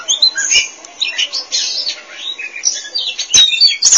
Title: Suara Kicauan Burung Kacer Durasi Panjang